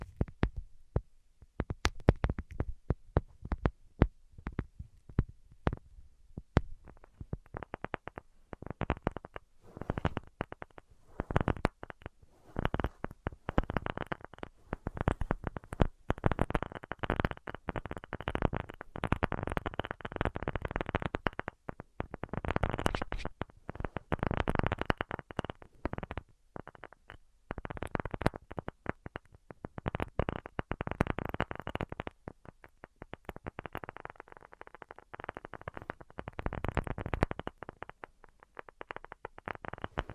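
Quick, dense tapping runs through the whole 40 seconds, short dry hits arriving in fast irregular bursts with only brief pauses between them. The taps sound mostly muted and mid-toned, with a few sharper, brighter clicks in the first few seconds. No voice is heard.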